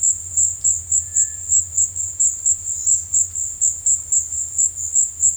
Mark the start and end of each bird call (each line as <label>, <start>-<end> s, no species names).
bird call, 0.94-1.46 s
bird call, 2.64-3.12 s